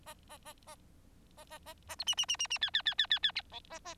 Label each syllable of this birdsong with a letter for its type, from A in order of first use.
A A A A A A A A B C C C C C D D D D D D E A A